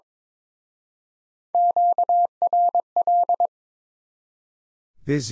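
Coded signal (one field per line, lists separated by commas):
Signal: Morse code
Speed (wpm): 27 wpm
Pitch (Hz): 700 Hz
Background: none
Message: QRL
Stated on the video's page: Morse practice set in speed-racing format, starting fast and slowing to a 22 wpm base speed, with the top speed 1.5 times the base and a final repeat at maximum speed.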